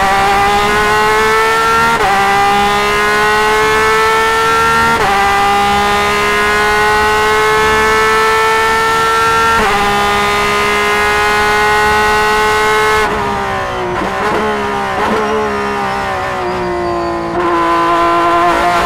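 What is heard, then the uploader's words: In-car audio from a Porsche 911 RSR: a loud, strained engine holds a high, buzzing pitch that climbs steadily, broken by quick dips at gear shifts around 2, 5 and 10 seconds. After 13 seconds the pitch drops and wavers through several rapid downshifts. Porsche 911 RSR In-Car Audio, Sebring. Taken from the tail of the championship-winning IMSA GT Le Mans machines during practice for the 2019 Mobil 1 Twelve Hours of Sebring. Done by placing our recorder just above the screaming 4.0-liter flat-six engine's rear-facing exhaust fury.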